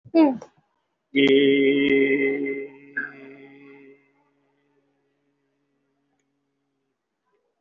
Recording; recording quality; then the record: sustained vowel as in beet; excellent, no background noise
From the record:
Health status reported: COVID-19 positive, mild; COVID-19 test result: positive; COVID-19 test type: RT-PCR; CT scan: not taken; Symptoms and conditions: fever, fatigue, muscle pain, pneumonia, diabetes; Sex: male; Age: 75 years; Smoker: no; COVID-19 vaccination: none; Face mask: not worn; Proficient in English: yes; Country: India